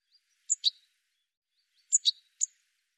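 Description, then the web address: Bird calls, a quick pair of high sharp chirps, then about a second and a half later another quick pair followed by a single chirp, against silence. "cianscape birddata"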